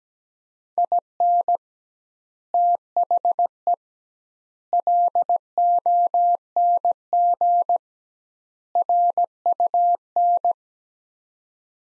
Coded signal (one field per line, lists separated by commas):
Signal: Morse code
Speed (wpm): 17 wpm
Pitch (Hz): 700 Hz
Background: none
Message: IN THE LONG RUN